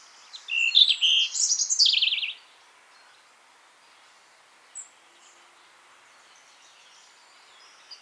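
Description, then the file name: European robin song, a loud two-second phrase of high tinkling and descending trilled notes, followed by near silence with a few faint clicks. "Erithacus rubecula"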